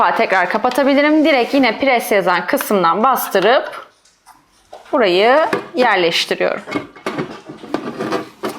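Someone talks while a plastic part of a Yasomi Smartpaw+ 2-in-1 automatic pet feeder and water fountain is placed and pressed into position on the feeder body, using the section marked "press." Faint handling sounds come at about 4.1 and 4.7 seconds, followed by sharper knocks at about 7.7 and 8.5 seconds. The clip ends before the part goes home, and nothing has seated yet.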